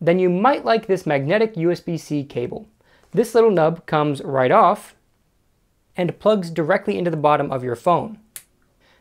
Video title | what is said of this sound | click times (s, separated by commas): The Best Galaxy Note 10 Plus and S10 Plus Accessories! | when you're ready to plug in just bring the cable close to the phone and it snaps right into place now | 8.4 s